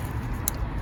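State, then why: Seated. A wiring harness electrical connector is plugged onto a cleaned, reinstalled throttle body on a 2003–2008 Dodge Ram 1500/2500/3500 with the 5.7 Hemi. Over a steady low rumble, a single sharp click sounds at 0.5 s as the connector seats.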